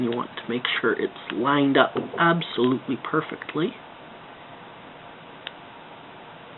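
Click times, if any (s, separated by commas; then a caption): 5.5 s. A display ribbon cable connector is pressed into the socket on the back of a new LCD panel during an Acer Aspire 5551-2298 screen replacement. Someone talks for the first few seconds, then after a quiet stretch a single short, sharp click is heard at 5.5 s. The connector's small lock clicks into place and the cable is seated.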